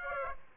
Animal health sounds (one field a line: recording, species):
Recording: mosquito wingbeat signal from an infrared sensor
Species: Aedes aegypti